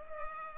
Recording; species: mosquito wingbeat signal from an infrared sensor; Culex pipiens